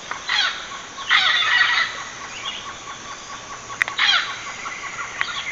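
Bird giving harsh, rattling bursts of calls in several bouts, with a steady hiss in the background.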